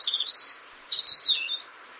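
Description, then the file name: European robin song, two quick sequences of sweet warbled notes with rapid trills, the second ending in a thin high whistle. "Erithacus rubecula"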